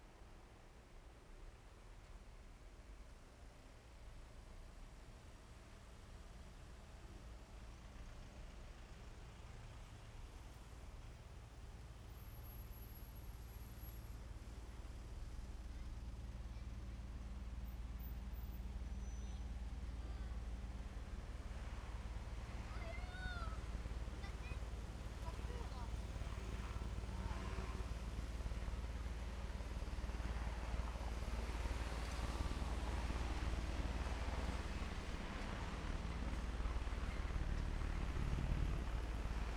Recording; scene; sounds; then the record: everyday scene through a hearing-aid microphone; in traffic; traffic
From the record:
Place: main road on the outskirts, rush hour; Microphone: behind the ear, left, rear